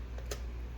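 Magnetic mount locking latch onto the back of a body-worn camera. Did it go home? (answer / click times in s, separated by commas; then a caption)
yes / 0.3 s. A WOLFCOM magnetic mount's locking latch is slid along the groove on the back of a Halo body-worn camera. One sharp click is heard at 0.3 s, preceded by a faint sliding sound. The latch locks in place and won't come off.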